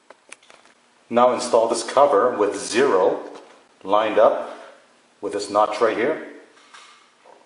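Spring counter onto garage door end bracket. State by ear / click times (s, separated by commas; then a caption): seated / 0.3 s. A plastic winding counter for a Wayne Dalton TorqueMaster garage door torsion spring is slid onto the metal end bracket with its missing-tooth side facing out and pushed until it snaps into place. A few faint taps sound, and the sharp snap of the counter seating comes at 0.3 s. Then someone talks.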